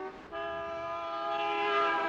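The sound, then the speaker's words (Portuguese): A car horn blares in one long, unbroken honk, a steady buzzy tone with rich overtones that swells slightly louder toward the end, with no voices. “A única coisa que funciona nessa porcaria é a buzina.”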